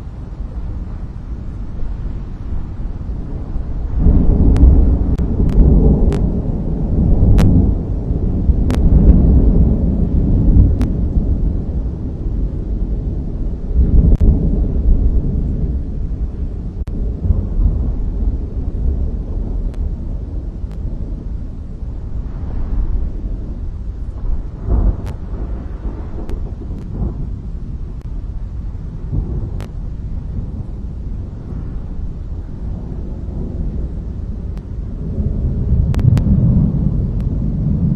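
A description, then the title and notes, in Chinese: Thunder rolls through the mountains as a deep, continuous rumble with no quiet gaps. It swells heavily between about four and ten seconds, rises again near fourteen and twenty-five seconds, and builds once more at the end. Faint sharp crackles dot the rumble throughout. 深山雷声。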